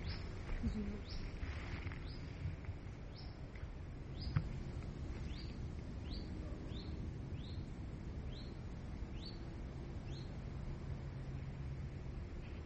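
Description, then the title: Bird song: a long series of thin, high chirps repeated many times over a constant low rumble. "passarinho"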